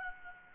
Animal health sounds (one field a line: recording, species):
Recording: mosquito wingbeat signal from an infrared sensor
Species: Aedes albopictus